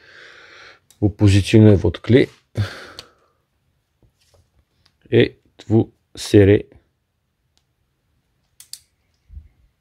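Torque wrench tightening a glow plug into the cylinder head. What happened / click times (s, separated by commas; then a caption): Torque wrench clicks at its set torque / 8.6 s, 8.7 s. A torque wrench set to 8 Nm tightens a glow plug into the cylinder head of a Mercedes OM 642 diesel engine from an R-Class or ML. Someone talks through the first part of the clip, and after a quiet stretch the wrench gives two sharp clicks at 8.6 s and 8.7 s as it reaches its setting.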